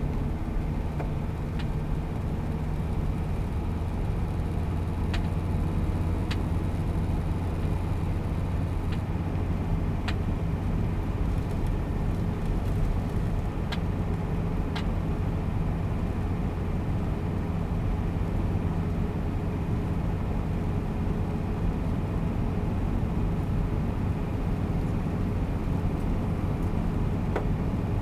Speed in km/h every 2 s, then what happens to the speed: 73, 80, 83, 86, 88, 89, 91, 91, 91, 91, 92, 91, 91, 92.
0-9 speeds up to 89. 9-28 steady at about 91.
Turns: none.